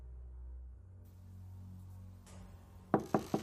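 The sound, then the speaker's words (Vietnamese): Three sharp knocks on a room door near midnight, evenly spaced and fairly loud, following a stretch of low rumbling hum with no voices. “Gần 12 giờ đêm, tiếng gõ cửa phòng của ông Vương vang lên.”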